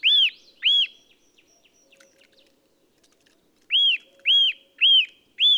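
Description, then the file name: Eurasian nuthatch giving loud, ringing arched whistles, two quick notes, a pause of about three seconds, then a run of four evenly spaced notes. "Sitta europaea"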